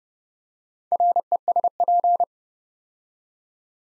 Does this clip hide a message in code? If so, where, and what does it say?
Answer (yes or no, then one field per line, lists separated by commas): yes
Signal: Morse code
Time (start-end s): 0.9-2.2 s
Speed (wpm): 28 wpm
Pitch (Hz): 700 Hz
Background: none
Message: RESP